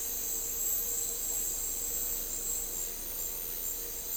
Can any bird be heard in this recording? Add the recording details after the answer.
no. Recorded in dense forest near Puerto Asís, Putumayo, Colombia, on 4 March 2025 at 14:00. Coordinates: 0.467, -76.328. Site G041